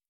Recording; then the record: hydrophone in a shrimp aquaculture tank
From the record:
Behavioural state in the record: starved